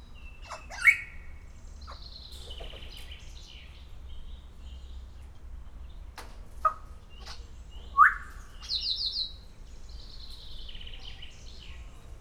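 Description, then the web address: Grey parrot calls: a squawk, then mixed chatter, a rising whistled note near eight seconds and a buzzy rasping phrase after it. Szeged Zoo, Hungary, 2011. "szegedizoo. jakopapagaj"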